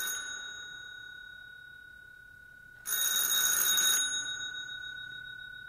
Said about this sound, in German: Klingelt. Ich bin nicht taub.